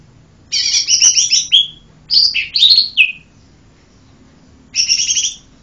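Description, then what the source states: Bird song, three bursts of bright, twittering high notes with quick downward slurs, separated by short pauses. Bird chirping.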